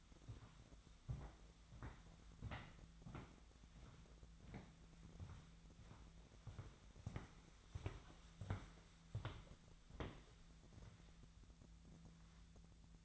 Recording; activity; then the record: daily activity, microphone in the room; walk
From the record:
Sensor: 3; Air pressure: 1008.4 hPa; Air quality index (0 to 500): 192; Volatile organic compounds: 14 ppm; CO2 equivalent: 2477 ppm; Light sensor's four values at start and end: 21/50/21/22 and 20/49/21/22